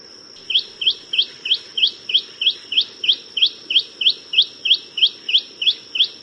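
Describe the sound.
Long-billed Spiderhunter uttering a regular string of high, sharp chips at about three per second, starting after a short pause, against a continuous thin tone.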